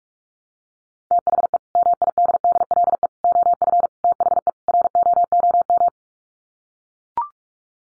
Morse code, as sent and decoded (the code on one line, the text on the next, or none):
- .... . / -- .. -.. -.. .-.. . / --- ..-. / - .... . / .-. --- --- --
THE MIDDLE OF THE ROOM